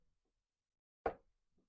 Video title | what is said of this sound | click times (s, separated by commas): How to Fix a Surging Toro Snow Thrower | soon as you put it in there you'll hear a little click | 1.1 s